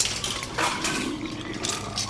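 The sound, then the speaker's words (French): Dog food slides out of a can with a wet, squelching slurp, a couple of gloopy surges over about two seconds, moderately loud with no voices; a sound effect made this way at Industrial Light and Magic. “C'est de la nourriture pour chien qui sort de sa canne.”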